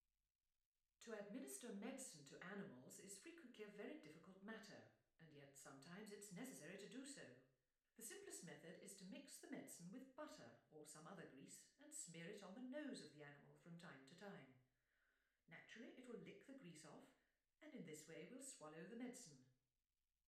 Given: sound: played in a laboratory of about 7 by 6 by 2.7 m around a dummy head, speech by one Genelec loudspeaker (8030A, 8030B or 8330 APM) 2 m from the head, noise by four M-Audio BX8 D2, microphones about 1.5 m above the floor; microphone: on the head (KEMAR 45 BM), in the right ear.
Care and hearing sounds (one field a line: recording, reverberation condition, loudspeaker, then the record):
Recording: female speech in English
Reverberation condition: medium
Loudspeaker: 150 degrees to the right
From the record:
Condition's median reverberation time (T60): about 510 ms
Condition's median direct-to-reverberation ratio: about -0.5 dB